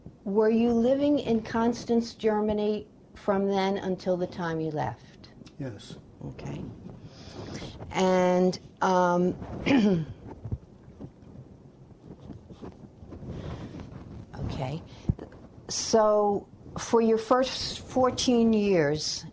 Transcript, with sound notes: were you living in Constance, Germany from then until the time you left?
Yes.
OK. And (clears throat) OK. So for your first fourteen years